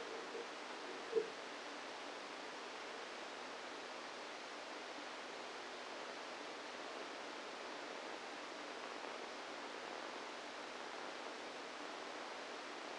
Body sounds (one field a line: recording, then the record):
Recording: brain microelectrode recording played as sound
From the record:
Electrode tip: outside the subthalamic nucleus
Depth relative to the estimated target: 3 mm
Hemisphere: right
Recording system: NeuroSet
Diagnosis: Parkinson's disease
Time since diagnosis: 7 years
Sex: female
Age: 68 years